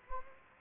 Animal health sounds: mosquito wingbeat signal from an infrared sensor; Anopheles arabiensis

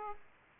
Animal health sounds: mosquito wingbeat signal from an infrared sensor; Aedes aegypti

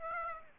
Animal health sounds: mosquito wingbeat signal from an infrared sensor; Aedes aegypti

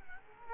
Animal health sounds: mosquito wingbeat signal from an infrared sensor; Culex quinquefasciatus

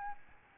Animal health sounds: mosquito wingbeat signal from an infrared sensor; Aedes albopictus

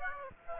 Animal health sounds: mosquito wingbeat signal from an infrared sensor; Aedes aegypti

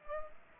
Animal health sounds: mosquito wingbeat signal from an infrared sensor; Aedes aegypti

